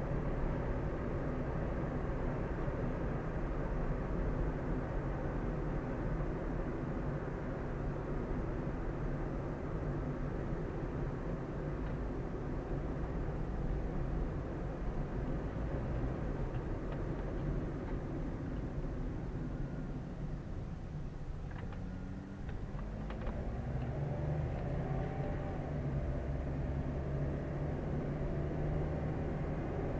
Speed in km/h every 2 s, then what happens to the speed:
48, 48, 46, 44, 41, 39, 37, 36, 35, 26, 14, 11, 21, 28, 33.
0-21 slows to 11. 21-30 speeds up to 33.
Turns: none.